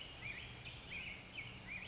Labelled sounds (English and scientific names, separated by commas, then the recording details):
Black-headed Grosbeak (Pheucticus melanocephalus)
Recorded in Sonoma County, California